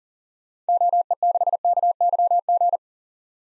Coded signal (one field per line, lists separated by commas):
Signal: Morse code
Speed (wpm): 39 wpm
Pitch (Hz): 700 Hz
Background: none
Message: OE6KYG